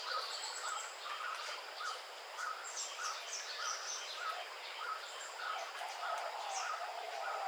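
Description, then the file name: Oriental magpie-robin singing high, clear whistled phrases, some sliding, over a steady series of short mid-pitched notes repeated about twice a second and background hiss. Weddagala, Sri Lanka, 5 March 2015. "Magpie-Robin Weddagala-05 Mar 2015"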